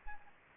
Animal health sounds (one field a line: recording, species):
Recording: mosquito wingbeat signal from an infrared sensor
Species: Anopheles gambiae